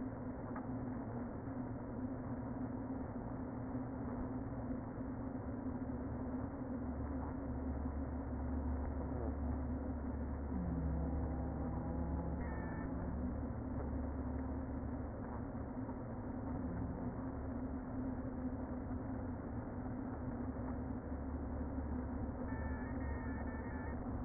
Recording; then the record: honeybee colony, microphone inside the hive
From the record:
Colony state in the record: queen present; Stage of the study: before two queens were removed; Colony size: about 60,000 bees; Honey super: yes